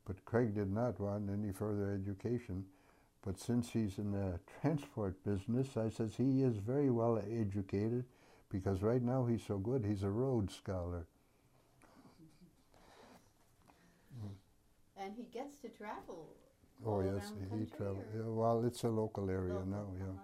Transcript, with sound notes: But Craig did not want any further education, but since he's in the transport business, I say he is very well educated because right now he's so good; he's a Roads Scholar. [Chuckles]
[laughs] And he gets to travel all around the country or?
Well, it's a local area now, yeah.